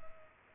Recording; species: mosquito wingbeat signal from an infrared sensor; Culex pipiens